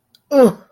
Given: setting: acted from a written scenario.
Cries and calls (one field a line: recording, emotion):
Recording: vocal sound without words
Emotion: disgust